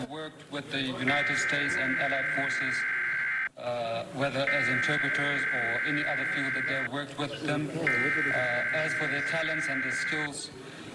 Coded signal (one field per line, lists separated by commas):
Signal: Emergency Alert System (SAME) tones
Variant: header bursts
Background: speech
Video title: Summer 2021 Emergency Alert System Test Grab Bag (Various Stations)